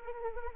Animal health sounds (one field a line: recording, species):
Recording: mosquito wingbeat signal from an infrared sensor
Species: Anopheles arabiensis